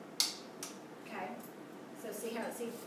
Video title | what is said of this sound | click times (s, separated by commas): Rotoprone 2 | two clicks okay | 0.2 s, 0.6 s